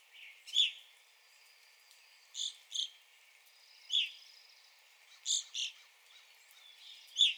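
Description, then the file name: Evening grosbeak calls, strong ringing chirps in ones and twos separated by pauses, with a thin high whistle and faint twittering in the background. Recorded 9 April 2021. "2021-04-09 Evening Grosbeak"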